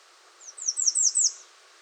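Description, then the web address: American redstart song: five thin, high-pitched downslurs delivered quickly in one short phrase. Recorded 21 June 2019. "soundrecordings 2019-06-21 American Redstart"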